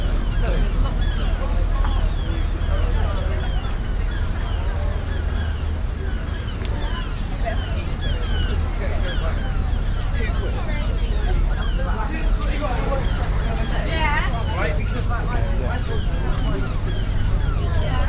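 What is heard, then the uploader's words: A busy outdoor market crowd, with many voices talking over one another in a dense, steady babble. A constant low rumble runs underneath throughout, and a few brief, thin high-pitched beeps sound near the start. Recordings around the continental market in Exeter, July 2006.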